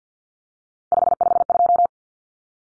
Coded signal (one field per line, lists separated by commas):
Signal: Morse code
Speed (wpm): 50 wpm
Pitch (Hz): 700 Hz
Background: none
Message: 552